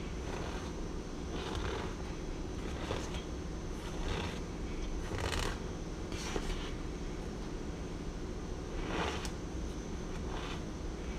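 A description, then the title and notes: Corn starch crunches and squeaks in short bright bursts about every second or so, over a steady low hum that never stops. ASMR Radio- Crunchy Squeaky Corn Starch.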